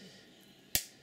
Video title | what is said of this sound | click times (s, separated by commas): Apple USB SuperDrive Unboxing | Here's the USB actual plug. Pops right in. | 0.8 s